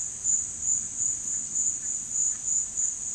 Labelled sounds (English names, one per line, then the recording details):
none
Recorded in dense forest near Puerto Asís, Putumayo, Colombia, on 12 March 2025 at 16:00
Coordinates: 0.484, -76.317
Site G064